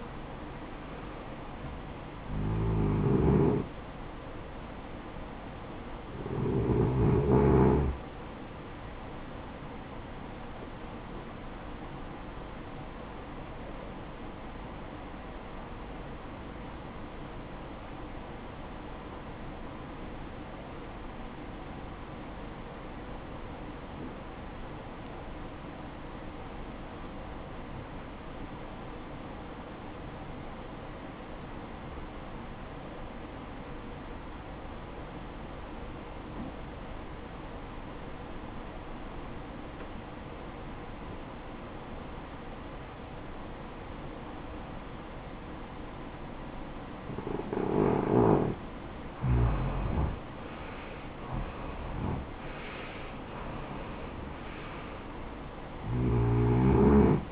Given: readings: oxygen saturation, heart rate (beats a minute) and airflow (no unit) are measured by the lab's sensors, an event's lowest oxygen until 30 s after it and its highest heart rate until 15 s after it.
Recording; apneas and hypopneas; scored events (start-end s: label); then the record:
breathing in sleep by a voice recorder at the bedside; 1
15.00-49.10 s: obstructive apnea (REM, oxygen 95% highest, then 81% lowest, heart rate 68 at the start, 76 highest)
From the record:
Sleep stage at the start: REM sleep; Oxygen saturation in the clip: 80 to 95%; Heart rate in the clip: 57 to 76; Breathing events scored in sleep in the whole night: 573 in 9.8 hours asleep